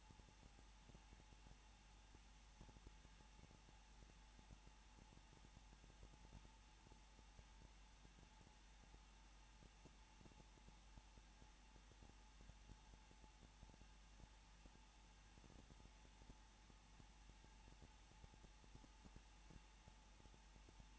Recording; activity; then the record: daily activity, microphone in the room; no activity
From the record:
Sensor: 1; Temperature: 20.2 degrees Celsius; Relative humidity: 35.7%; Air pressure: 994.5 hPa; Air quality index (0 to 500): 182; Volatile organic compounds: 7 ppm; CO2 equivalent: 1995 ppm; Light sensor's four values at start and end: 1/2/1/1 and 1/2/1/1